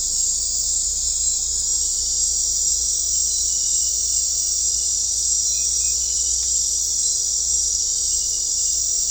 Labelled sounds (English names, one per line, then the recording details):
none
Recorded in dense forest near Puerto Asís, Putumayo, Colombia, on 16 December 2024 at 21:30
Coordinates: 0.499, -76.324
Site G045